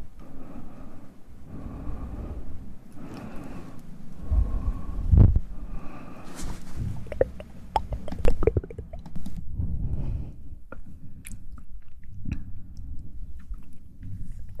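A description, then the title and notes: Wet mouth sounds with chewing and biting clicks, scattered sharp smacks clustering around the middle, over a low rumbling bed throughout. Mouth sounds.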